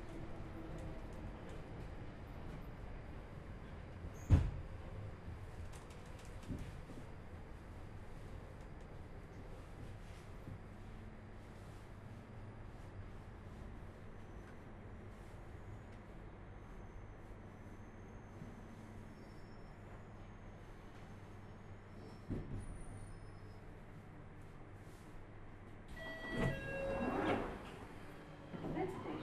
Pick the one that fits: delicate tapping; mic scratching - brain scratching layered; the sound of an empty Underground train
the sound of an empty Underground train